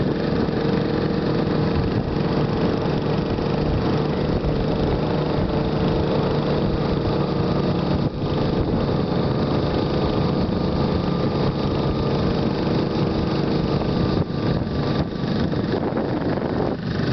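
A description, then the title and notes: A motorbike engine runs continuously, a dense, steady drone with a low rumble and a humming tone that holds level. Wind buffets and road noise press in throughout, with brief dips and bumps around eight and fourteen seconds. Motorbike ride around Monkey Mountain, Da Nang, Vietnam.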